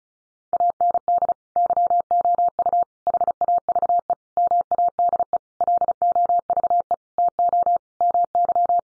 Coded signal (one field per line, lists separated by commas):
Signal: Morse code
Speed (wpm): 34 wpm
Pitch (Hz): 700 Hz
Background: none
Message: AND YOU HAVE MADE LOVE TO MY